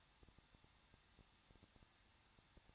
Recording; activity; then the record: daily activity, microphone in the room; no activity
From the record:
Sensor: 3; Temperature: 21.2 degrees Celsius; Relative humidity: 36.3%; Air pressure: 1006.3 hPa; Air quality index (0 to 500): 221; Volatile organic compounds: 40 ppm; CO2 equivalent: 3153 ppm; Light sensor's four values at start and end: 2/3/2/2 and 2/3/2/2